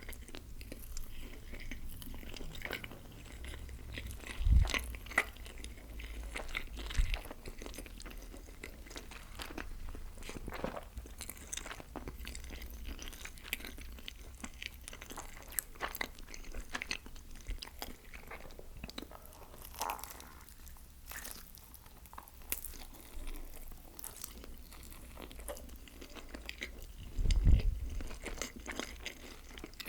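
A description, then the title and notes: Eating of pepperoni pizza, with steady wet chewing and frequent crunchy bites layered densely throughout. Two louder, sharper bites stand out, one near five seconds and another near twenty-seven. Dominos Pepperoni Pizza MUKBANG (TINGLY EATING SOUNDS).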